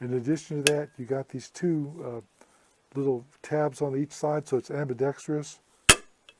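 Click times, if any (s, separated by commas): 5.9 s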